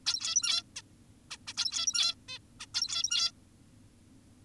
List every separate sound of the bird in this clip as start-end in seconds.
0.06-0.63, 0.76-0.82, 1.31-1.37, 1.47-1.53, 1.57-2.15, 2.29-2.39, 2.60-2.66, 2.75-3.31